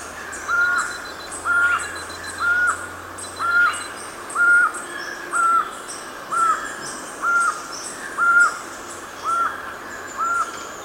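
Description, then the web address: Black-mandibled toucan calling a rhythmic run of eleven nasal, arched yelps, roughly one per second, with thin high insect-like buzzing and chirps in the background. Ecuador, South America. "Birds of Ecuador. Black-mandibled Toucan"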